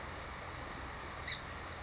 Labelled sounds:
Song Sparrow

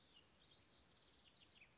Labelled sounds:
House Wren

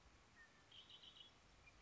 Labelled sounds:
Red-winged Blackbird

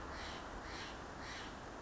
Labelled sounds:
Steller's Jay

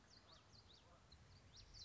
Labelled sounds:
Common Yellowthroat

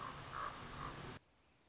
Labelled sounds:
Common Raven

